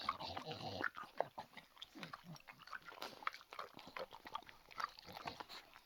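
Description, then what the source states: Dog chewing food: an irregular, continuous run of crisp crunching clicks throughout. Dog eating.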